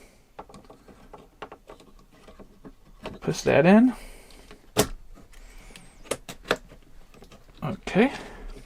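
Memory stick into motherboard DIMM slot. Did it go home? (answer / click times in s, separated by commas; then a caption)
no / none. A second memory stick is handled and pushed toward its motherboard DIMM slot, with small ticks and taps of handling throughout while someone talks. The stick has not seated or clicked into the slot yet.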